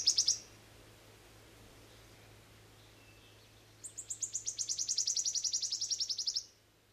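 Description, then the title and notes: Wood Warbler singing: after a brief opening burst and a pause, a long trill of sharp, high notes swells and then stops suddenly. Featured as Yle's nature sound of the week, presented by Juha Laaksonen. "Viikon luontoääni: Sirittäjä. Juha Laaksonen. Yle"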